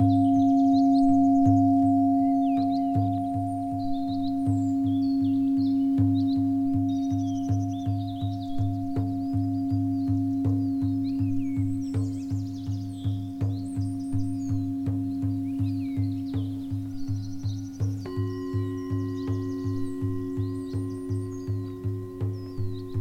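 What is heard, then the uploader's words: Shamanic drumming beats fast and steady under sustained ringing bowl tones, with more tones joining near eighteen seconds, while birds chirp throughout. Deep vibrations using singing bowls targeting the crown and heart chakra along with some Shamanic drumming. All nature sounds are what I have recorded here in Bradgate Park. No modification or altering frequencies to keep it as authentic as possible.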